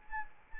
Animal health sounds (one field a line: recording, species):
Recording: mosquito wingbeat signal from an infrared sensor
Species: Anopheles arabiensis